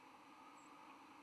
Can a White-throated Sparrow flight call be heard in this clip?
yes